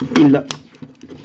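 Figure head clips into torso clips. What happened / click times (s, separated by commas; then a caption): The plastic parts are handled but have not clipped home yet / none. Someone talks while handling the dinosaur head of a plastic G-creations Shuraking SRK 01 Thundertronus transforming robot figure, pushing it so its two clips go into two matching clips on the torso. Only faint, brief ticks are heard near the end of the clip. Nothing has seated or clicked yet.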